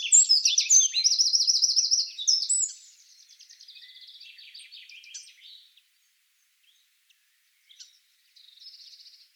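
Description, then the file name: Eurasian wren song: loud rapid trills and chattering notes for nearly three seconds, then a fainter buzzy run, silence, and a brief final trill. "Troglodytes troglodytes"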